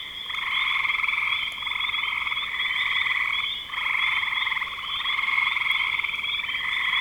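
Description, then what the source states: Frogs in a dense trilling chorus with brief pauses near one and a half and near four seconds. Recorded in spring 2025.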